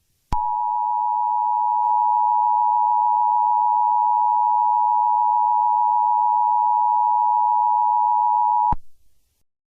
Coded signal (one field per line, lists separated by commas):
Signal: Emergency Alert System (SAME) tones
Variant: 853 and 960 Hz attention tone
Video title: Mock EAS Scenario - Skunk Lurking About